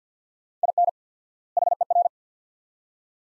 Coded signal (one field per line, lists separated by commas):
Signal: Morse code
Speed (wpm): 50 wpm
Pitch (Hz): 700 Hz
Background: none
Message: IN HER